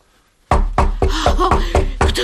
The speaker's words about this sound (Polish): Ktoś wali do drzwi. Na pewno wrócili ci, co narobili tego bałaganu.